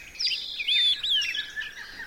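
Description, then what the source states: Olive-sided flycatcher song: a quick series of three clear, slurred whistles. Quick three-note 'three beers' song from a bird perched at the very tops of conifer trees, foothills of the eastern Sierras, western North America, forest.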